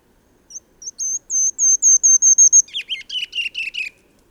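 Bird song: high, thin whistled notes accelerate and swell, then switch to a rapid, lower, buzzy-sounding series of sweeping chirps that trails off.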